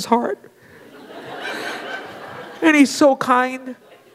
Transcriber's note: laughter